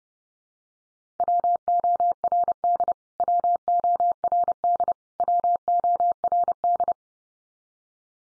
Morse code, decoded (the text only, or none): WORD WORD WORD